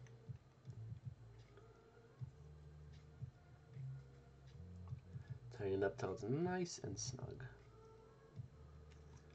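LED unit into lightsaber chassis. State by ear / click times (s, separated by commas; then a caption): not seated / none. An LED unit for a lightsaber hilt is handled at the end of a metal chassis while someone talks, with faint handling taps around 0.1 s and 4.9 s under a low steady hum. The clip ends before the LED unit is pressed into the chassis end, so nothing has seated or clicked yet.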